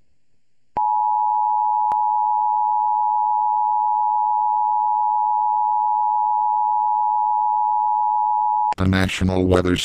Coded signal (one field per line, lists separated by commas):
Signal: Emergency Alert System (SAME) tones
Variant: 853 and 960 Hz attention tone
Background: speech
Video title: EAS Mock Up - Tornado Warning (Black)